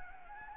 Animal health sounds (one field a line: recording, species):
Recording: mosquito wingbeat signal from an infrared sensor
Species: Anopheles gambiae